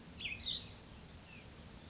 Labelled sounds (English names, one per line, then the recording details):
Cassin's Vireo
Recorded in Sonoma County, California